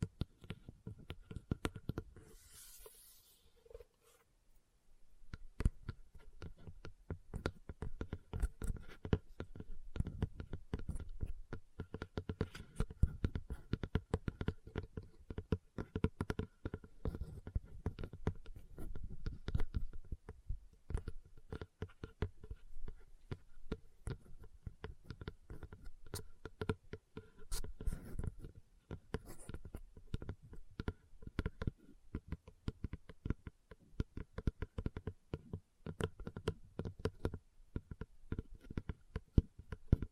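Leather is tapped and scratched in a dense, uneven stream of small clicks, rubs and taps that runs almost the whole time. Around three seconds there is a brief pause with a soft swish, then the scratching resumes and stays busy to the end.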